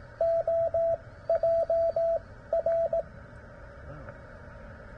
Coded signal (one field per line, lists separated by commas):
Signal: Morse code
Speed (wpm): 18 wpm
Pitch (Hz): 690 Hz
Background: radio noise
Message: OJR